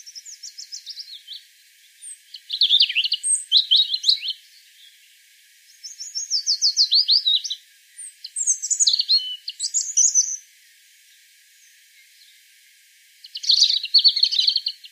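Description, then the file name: European robin song in several separated bursts, each a fast, high, tinkling jumble of trilled and whistled notes with short silences between. "Erithacus rubecula"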